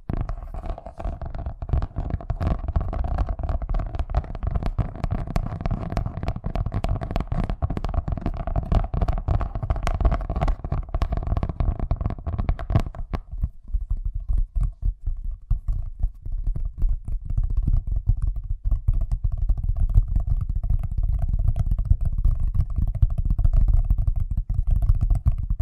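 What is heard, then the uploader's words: Fast tapping runs continuously in dense, rapid clicks over a low rumbling hum, thinning and sounding duller after about thirteen seconds. ASMR Braingasm Inducing Fast Tapping (No Talking).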